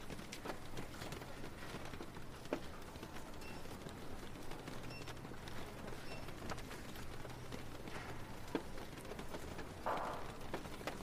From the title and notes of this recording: Rainy Day at the Library. A cozy library on a rainy day.